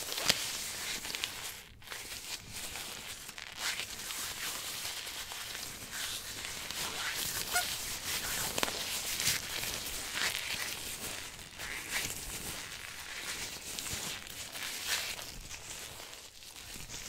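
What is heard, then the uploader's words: Glove sounds: a continuous rustling and rubbing with a bright, hissy texture, made of dense short scrapes that rise and fall irregularly throughout. A few louder crinkling bursts stand out, near the start and around the middle, with brief quieter dips in between. ASMR Glove Sounds For Tingles & Sleep.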